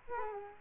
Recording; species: mosquito wingbeat signal from an infrared sensor; Culex quinquefasciatus